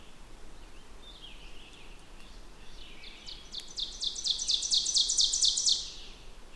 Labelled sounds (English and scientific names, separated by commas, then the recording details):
Ovenbird (Seiurus aurocapilla) song
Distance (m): 30 m
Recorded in boreal forest in Alberta, Canada, on 16 June 2016 at 08:33
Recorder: SongMeter 3, array SBT-3-32
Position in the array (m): 166 m, 31 m
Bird 36